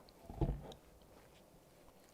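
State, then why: Not seated. An assembly part for a Prusa Mini printer is lined up by its blue mark against its mount on the printer frame, ready to be pushed home. Only handling noises are heard: a soft tick near 0.1 s, then a burst of low, dull knocks and rubbing from about 0.3 to 0.7 s, settling into quiet background. Nothing has seated or clicked yet.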